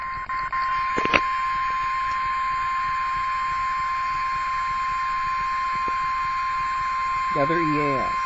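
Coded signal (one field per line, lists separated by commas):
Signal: Emergency Alert System (SAME) tones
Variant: 1050 Hz attention tone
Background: speech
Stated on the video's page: Severe thunderstorm warning issued for Alabama.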